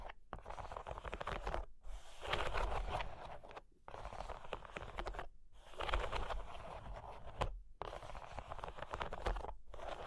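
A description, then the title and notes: Scratching and tracing over cork and wood comes in rough, grainy strokes that each last a second or two. Short silences at about 0.3, 2, 3.7, 5.2 and 7.6 seconds separate the strokes. A low rumble runs underneath, and there are small crackles within the rasping. Cork and Wood Tapping, Scratching, Tracing.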